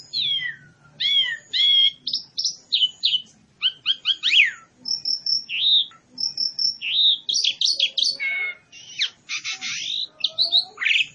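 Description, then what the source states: Pied myna calls, a continuous jumble of whistled, squeaky and rasping notes in quick succession with short rising and falling slurs. Pied myna lure call for trapping or training.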